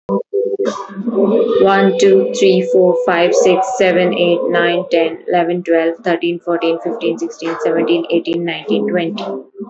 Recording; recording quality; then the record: counting at a fast pace; excellent, no background noise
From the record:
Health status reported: healthy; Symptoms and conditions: diabetes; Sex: female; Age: 40 years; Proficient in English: yes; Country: India